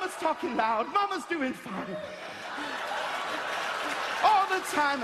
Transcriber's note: applause